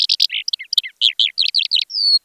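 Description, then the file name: Eurasian skylark singing a rapid, jumbled run of high twittering notes and buzzy trills, ending on a drawn-out whistle. "ALLODOLABT"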